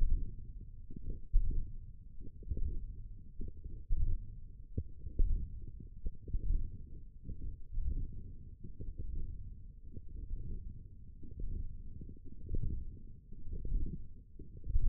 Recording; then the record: forearm muscle sounds (acoustic myography)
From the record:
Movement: hand closing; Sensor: system 1, eight BSWA MPA416 microphones around the upper forearm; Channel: 3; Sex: female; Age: 20 years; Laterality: right